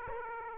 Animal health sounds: mosquito wingbeat signal from an infrared sensor; Aedes aegypti

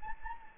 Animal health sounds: mosquito wingbeat signal from an infrared sensor; Anopheles gambiae

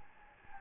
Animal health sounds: mosquito wingbeat signal from an infrared sensor; Anopheles gambiae

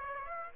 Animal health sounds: mosquito wingbeat signal from an infrared sensor; Aedes aegypti

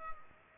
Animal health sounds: mosquito wingbeat signal from an infrared sensor; Culex pipiens

